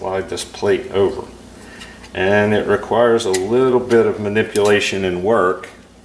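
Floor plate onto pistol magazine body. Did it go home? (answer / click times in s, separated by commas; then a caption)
no / none. Someone talks while working a replacement floor plate onto a polymer Glock 35 pistol magazine body, holding the spring down as the plate is manipulated into position. Nothing has seated or clicked yet; the clip ends before the plate goes home.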